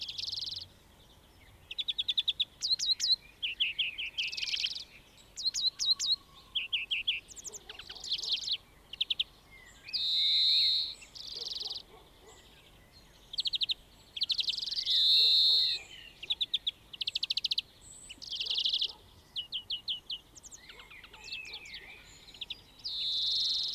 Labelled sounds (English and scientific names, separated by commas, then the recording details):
European Greenfinch (Chloris chloris) song
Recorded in the wild
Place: Kaiserslautern, Rheinland-Pfalz, DE
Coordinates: 49.415, 7.78
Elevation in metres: 457
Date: 1974-03-22
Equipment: Nagra IV, Sennheiser MKH 405, Parabolreflektor
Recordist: Tretzel, Erwin